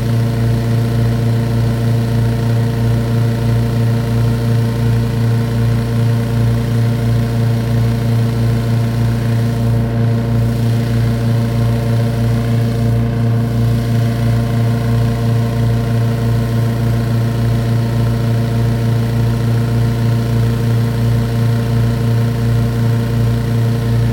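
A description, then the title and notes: A hot air balloon is readied for launch, dominated by a steady, loud engine-like drone with a deep, even hum and a pulsing mechanical rhythm. It holds constant throughout, with two brief airy swishes around ten and thirteen seconds. A hot air balloon prepares for launch early in the morning in Oxford. Recorded by Cities and Memory.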